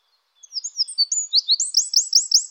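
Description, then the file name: Eurasian wren singing high, fast notes that speed into a run of sharp, slurred phrases repeated several times a second. "troglodyte"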